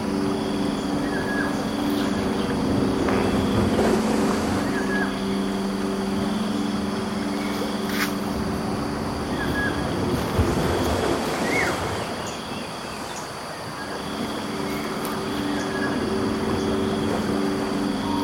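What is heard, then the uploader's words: Cicadas and insects keep up a steady, unbroken drone through the whole clip, with a low hum underneath that sounds like an engine. Short bird chirps break in every few seconds, with a slurred rising call near the eleven-second mark. Adding the sounds of twilight birds giving way to cicadas in the swelter of a night in Sungai Petani, Malaysia.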